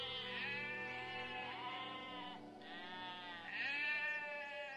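A Pyrenean ibex, a species extinct since 2000, bleats in long, nasal, wavering calls, with two strong peaks early and late, each bending in pitch, rich in harmonics and fairly loud, with no voices.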